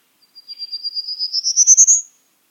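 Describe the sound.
Prairie warbler song: a quick series of many thin notes climbing steadily in pitch and growing louder, lasting under two seconds.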